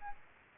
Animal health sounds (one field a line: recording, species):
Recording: mosquito wingbeat signal from an infrared sensor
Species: Aedes aegypti